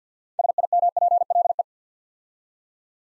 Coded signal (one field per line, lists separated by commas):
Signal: Morse code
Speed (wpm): 50 wpm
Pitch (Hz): 700 Hz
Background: none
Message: SIMPLE